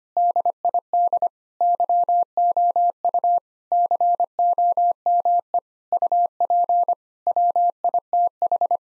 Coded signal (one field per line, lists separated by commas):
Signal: Morse code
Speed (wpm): 25 wpm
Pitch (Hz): 700 Hz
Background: none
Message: DID YOU COME UP WITH